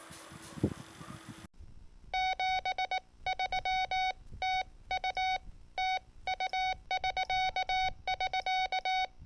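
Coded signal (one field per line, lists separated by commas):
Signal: Morse code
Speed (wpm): 19 wpm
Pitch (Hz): 750 Hz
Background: none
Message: 73TU TU<SK><SK>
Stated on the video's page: 2-meter VHF evening net.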